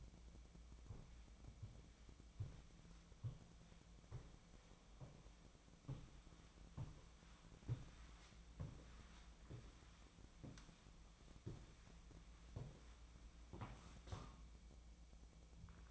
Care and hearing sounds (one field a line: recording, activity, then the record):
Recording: daily activity, microphone in the room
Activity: walk to room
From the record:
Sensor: 1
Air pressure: 1010.1 hPa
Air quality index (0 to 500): 185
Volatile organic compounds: 16 ppm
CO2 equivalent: 2545 ppm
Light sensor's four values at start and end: 39/100/42/51 and 40/102/42/52